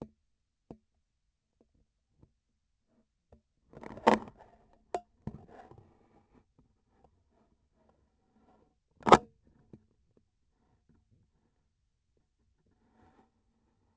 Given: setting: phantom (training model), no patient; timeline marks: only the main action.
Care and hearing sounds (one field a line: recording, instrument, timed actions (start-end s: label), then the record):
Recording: laparoscopic instrument, vibration sensor on the handle end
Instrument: scissors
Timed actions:
8.97-9.40 s: cutting PTFE tape
From the record:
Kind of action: gesture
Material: PTFE tape